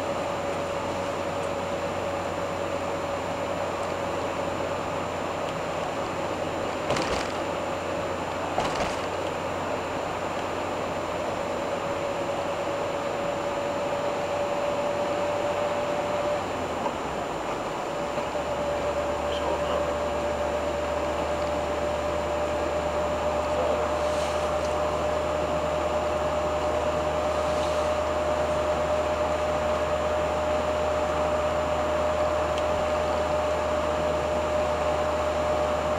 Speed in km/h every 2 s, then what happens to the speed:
65, 64, 64, 62, 63, 63, 65, 66, 67, 67, 67, 68, 68, 68, 69, 69, 69, 69.
0-36 steady at about 67.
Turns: none.